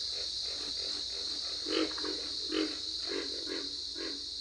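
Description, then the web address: Pig frog grunting, low hoarse croaks spaced irregularly, a few louder ones standing out, with a steady high buzzing behind. "Dan Gibson's Solitudes Frog Song. Pig Frog"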